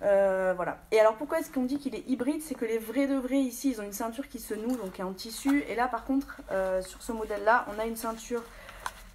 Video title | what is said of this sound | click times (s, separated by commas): Facebook Live: Porte-bebes Limas Plus et Flex | ce qui se clipse or voilà la | 8.9 s